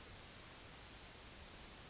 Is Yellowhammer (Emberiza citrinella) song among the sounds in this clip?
no